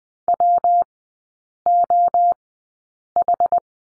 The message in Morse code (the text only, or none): WOH